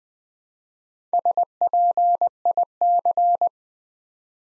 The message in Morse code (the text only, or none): SPIC